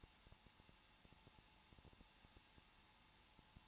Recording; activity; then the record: daily activity, microphone in the room; no activity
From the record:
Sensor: 1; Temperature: 20.0 degrees Celsius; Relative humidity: 39.4%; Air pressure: 1006.4 hPa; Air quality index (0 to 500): 220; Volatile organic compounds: 83 ppm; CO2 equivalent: 3635 ppm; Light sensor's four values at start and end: 1/2/1/1 and 1/2/1/1